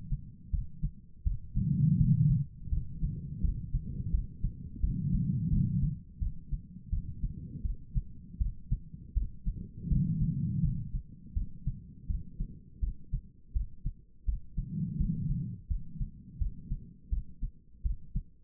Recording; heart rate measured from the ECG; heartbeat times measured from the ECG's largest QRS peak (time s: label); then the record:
heart sounds by stethoscope; 83 bpm
0.51 s: heartbeat
1.24 s: heartbeat
1.98 s: heartbeat
2.70 s: heartbeat
3.42 s: heartbeat
4.11 s: heartbeat
4.81 s: heartbeat
5.50 s: heartbeat
6.19 s: heartbeat
6.90 s: heartbeat
7.63 s: heartbeat
8.39 s: heartbeat
9.14 s: heartbeat
9.89 s: heartbeat
10.62 s: heartbeat
11.34 s: heartbeat
12.07 s: heartbeat
12.80 s: heartbeat
13.53 s: heartbeat
14.26 s: heartbeat
14.98 s: heartbeat
15.68 s: heartbeat
16.39 s: heartbeat
17.10 s: heartbeat
17.83 s: heartbeat
From the record:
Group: healthy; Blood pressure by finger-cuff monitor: 110/77 mmHg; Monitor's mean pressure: 92 mmHg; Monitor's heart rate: 83 bpm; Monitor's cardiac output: 4.9 L/min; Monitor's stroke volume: 58 mL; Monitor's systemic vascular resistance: 1380 dyn s/cm5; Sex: female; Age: 51 years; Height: 162 cm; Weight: 70.04 kg